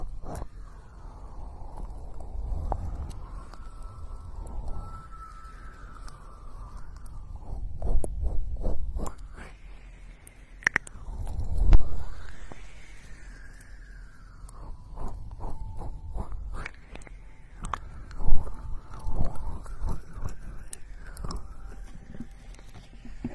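Ear picking and massage heard as muffled rubbing that swells and fades, with scattered sharp scratchy clicks and low thuds throughout.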